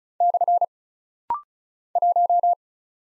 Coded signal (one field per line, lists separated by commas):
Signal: Morse code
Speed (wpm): 36 wpm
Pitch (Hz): 700 Hz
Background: none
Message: / 1